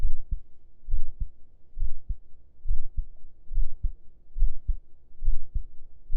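Steady, muffled paired thumps, lub-dub, at about 68 beats a minute, with an even rhythm. It is an adult heartbeat heard by lying with an ear on the chest under the shirt, with a faint low hum in the background.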